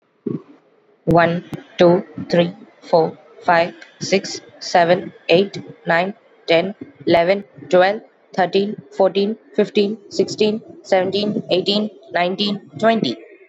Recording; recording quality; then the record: counting at a normal pace; excellent, no background noise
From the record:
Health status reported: exposed to COVID-19, no respiratory illness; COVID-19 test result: negative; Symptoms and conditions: cough, cold, fever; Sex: female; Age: 24 years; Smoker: not ticked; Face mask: not worn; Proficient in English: yes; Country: India